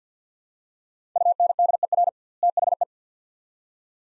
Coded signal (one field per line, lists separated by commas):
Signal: Morse code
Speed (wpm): 50 wpm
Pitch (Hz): 700 Hz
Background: none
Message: UNDER THE